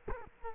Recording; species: mosquito wingbeat signal from an infrared sensor; Culex quinquefasciatus